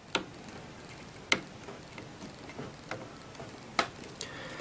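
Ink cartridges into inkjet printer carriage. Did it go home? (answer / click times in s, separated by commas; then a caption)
yes / 0.2 s, 1.3 s, 3.8 s. The remaining ink cartridges are pushed one after another into an inkjet printer carriage by their plastic latch arms, giving sharp clicks at 0.2, 1.3 and 3.8 seconds, with softer taps in between. The cartridges click and seat into place.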